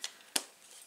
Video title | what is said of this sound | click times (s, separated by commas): Beautiful Blizzard Card Stampin' Up! | make sure they click into place as well | 0.4 s